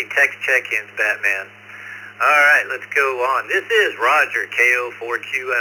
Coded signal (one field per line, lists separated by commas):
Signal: Emergency Alert System (SAME) tones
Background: speech